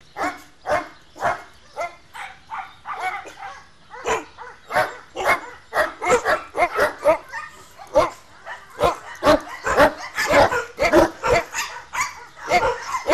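Dog giving sharp, insistent barks in an uneven series that grows denser toward the end.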